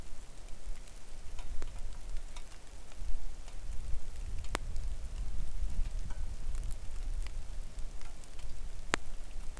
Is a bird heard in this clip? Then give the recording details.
no. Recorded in the Arctic National Wildlife Refuge, Alaska, on 3 August 2019 at 09:37. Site 41